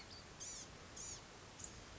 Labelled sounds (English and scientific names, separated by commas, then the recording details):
Blue-gray Gnatcatcher (Polioptila caerulea)
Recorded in Sonoma County, California